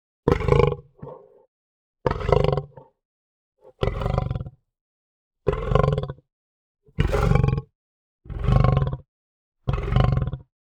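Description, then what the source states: Lion growls: seven deep, rough grunting growls roughly every one to two seconds, some followed by a short softer exhale, in silence. Calm, short growls.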